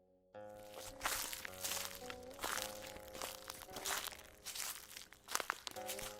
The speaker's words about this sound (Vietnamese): Nhưng đến nửa đêm, trong khi đang tu luyện, bên tai của Hứa Thành vang lên tiếng bước chân.